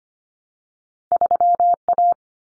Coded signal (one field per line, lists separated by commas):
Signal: Morse code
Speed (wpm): 25 wpm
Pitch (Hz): 700 Hz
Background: none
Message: 3A